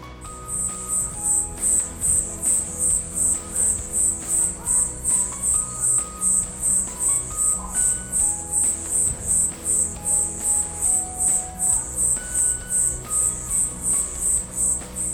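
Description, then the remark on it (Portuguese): A singing cricket on a street chirps steadily in rapid, evenly spaced high-pitched pulses, a continuous loud trill with no pauses, over a low background hum and no voices. “Ouçam a gravação deste grilo cantor aqui da minha rua.”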